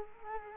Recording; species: mosquito wingbeat signal from an infrared sensor; Culex quinquefasciatus